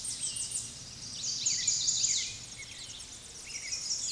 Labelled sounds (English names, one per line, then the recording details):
Chestnut-sided Warbler song
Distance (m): 15 m
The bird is about level with the microphone
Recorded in a Pennsylvania forest on 16 May 2024 at 06:45
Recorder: AudioMoth, point MSD-1405
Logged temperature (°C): 15.6 °C
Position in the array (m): 177 m, 184 m